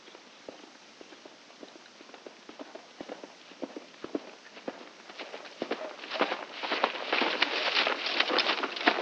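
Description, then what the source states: Horse hooves on gravel, crunching steps about two per second, growing louder and denser toward the end. Horse moving on gravel.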